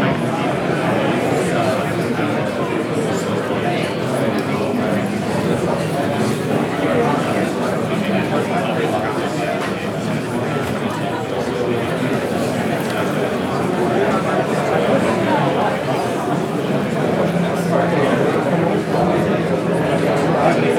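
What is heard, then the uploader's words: Hallway ambience in a seminar building, filled with a dense, steady murmur of many overlapping voices chattering at once. The crowd noise stays level throughout, warm and mid-pitched, with occasional brighter clicks and footsteps surfacing above the indistinct talk. Hallways of the Seminar - Ambience.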